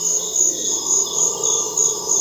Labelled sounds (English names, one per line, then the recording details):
none
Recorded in dense forest near Puerto Asís, Putumayo, Colombia, on 20 February 2024 at 06:00
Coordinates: 0.485, -76.318
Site G6408